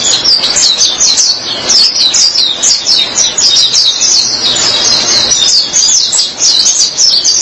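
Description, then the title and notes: White-eye chattering song with bright, high, tumbling chirps repeated in quick succession without any real pause. "Kicauan Burung Pleci Durasi Panjang. Suara kicauan burung pleci"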